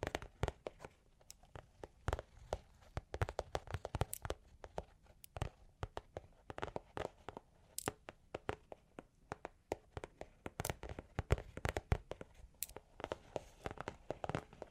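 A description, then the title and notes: Long claws tap and scratch in a quick, uneven patter, with sharp bright clicks landing several times a second throughout. Some taps come in tight clusters, a few louder ones standing out, while a soft scraping texture fills the gaps between them. Long Claws Tapping and Scratching (No Talking).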